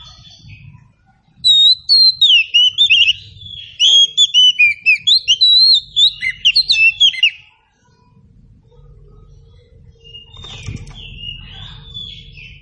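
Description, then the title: Oriental Magpie-Robin song, a rapid six-second run of varied whistles, trills and slurred notes, followed by a low steady hum and faint background noise. Local name kacer; meant to prompt a bird to sing in reply. "Nyaut Kacer"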